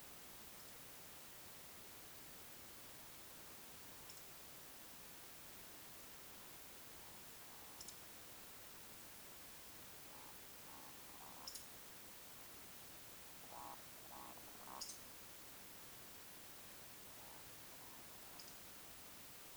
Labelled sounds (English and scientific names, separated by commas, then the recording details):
Eurasian Woodcock (Scolopax rusticola) whistle, Eurasian Woodcock (Scolopax rusticola) croak
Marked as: whistle, whistle, croak, whistle, croak, whistle, croak, whistle, croak, whistle
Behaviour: display flight
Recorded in Baden-Württemberg, Germany, on 21 June 2020 at 02:23 UTC
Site 49006, 684 m above sea level